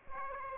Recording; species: mosquito wingbeat signal from an infrared sensor; Aedes aegypti